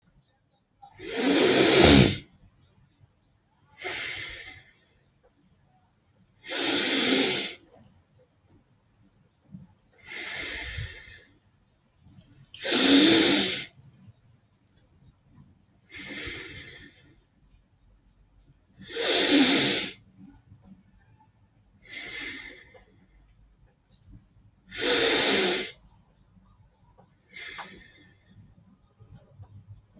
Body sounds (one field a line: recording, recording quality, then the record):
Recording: deep breathing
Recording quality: excellent, no background noise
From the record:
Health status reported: healthy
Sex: male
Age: 33 years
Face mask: not worn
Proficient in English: yes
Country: India